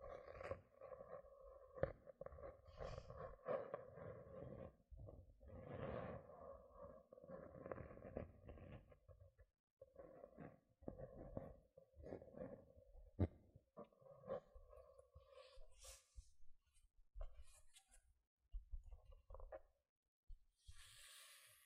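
Gentle scratching sounds come in irregular bursts, each a rough, rustling scrape lasting a second or two with short silences between. A steady mid-pitched tone runs under much of the first half, and the later strokes turn thinner and brighter, with a hiss near the end.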